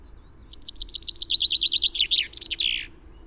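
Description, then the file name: Common chaffinch song: a fast series of bright notes, then a louder rattling run ending in a brief flourish. "Fringilla coelebs"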